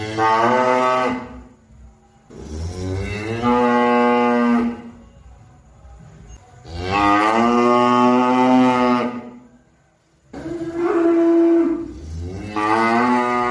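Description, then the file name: Cow mooing repeatedly: a sequence of long, full-throated moos with brief silences between them. "suara sapi"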